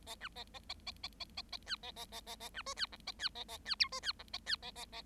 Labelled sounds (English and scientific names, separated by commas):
Bengalese Finch (Lonchura striata domestica) song